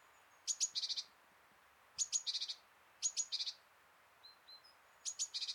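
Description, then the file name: Great tit giving high clipped notes that run into a brief buzzy rattle, four phrases at uneven intervals, with two soft thin notes in a pause. "Parus major"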